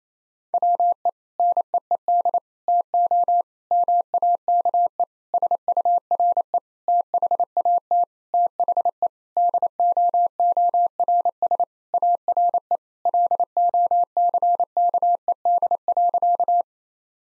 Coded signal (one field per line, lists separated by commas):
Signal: Morse code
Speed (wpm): 28 wpm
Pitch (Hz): 700 Hz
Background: none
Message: WE NEED TO MAKE SURE THAT THE DOORS ARE LOCKED.